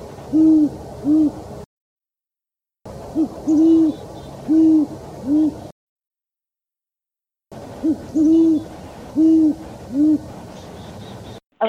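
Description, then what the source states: Great horned owl hooting, deep soft hoots in short series of two or three, with silent gaps between series. Played as a mystery sound; described as a big bird and formidable predator that lives everywhere in North America.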